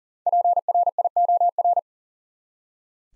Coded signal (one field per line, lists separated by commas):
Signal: Morse code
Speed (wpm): 40 wpm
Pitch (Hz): 700 Hz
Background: none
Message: PRIOR